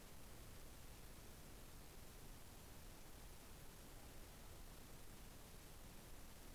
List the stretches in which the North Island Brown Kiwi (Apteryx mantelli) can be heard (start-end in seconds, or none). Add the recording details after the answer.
none. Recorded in New Zealand on 6 December 2014. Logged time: 23:43. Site BV21